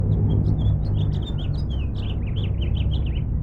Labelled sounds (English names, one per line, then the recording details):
House Finch song
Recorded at Neponsit on Long Island, New York, on 4 June 1975
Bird B